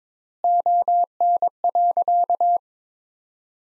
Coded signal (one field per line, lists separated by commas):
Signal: Morse code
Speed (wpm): 22 wpm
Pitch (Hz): 700 Hz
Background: none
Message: ON.